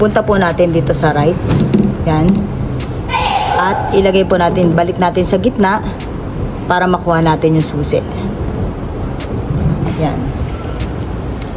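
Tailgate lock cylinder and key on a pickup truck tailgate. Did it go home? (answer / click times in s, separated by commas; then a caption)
yes / 11.4 s. Someone talks while the key in the tailgate lock cylinder of a 2024 Ford Ranger Wildtrak 4x4 in Meteor Grey is turned to lock, then returned to the centre so it can be pulled out. A sharp click is heard at 11.4 s, and the tailgate is locked.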